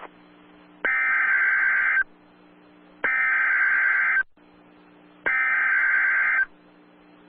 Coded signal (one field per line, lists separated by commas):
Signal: Emergency Alert System (SAME) tones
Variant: header bursts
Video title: Oklahoma City - TORNADO WARNING - TOR [EAS #13]